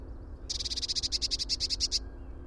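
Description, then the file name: Eurasian blue tit trill call: one quick run of about a dozen high, even notes lasting a second and a half, with a faint low hum behind. "Cyanistes caeruleus"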